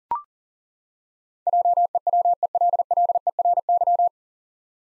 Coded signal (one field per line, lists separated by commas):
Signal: Morse code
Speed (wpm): 40 wpm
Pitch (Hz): 700 Hz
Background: none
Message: JEWELLERY